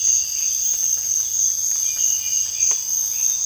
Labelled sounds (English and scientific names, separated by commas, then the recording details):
none
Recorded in dense forest near Puerto Asís, Putumayo, Colombia, on 26 December 2024 at 05:30
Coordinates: 0.484, -76.325
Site G056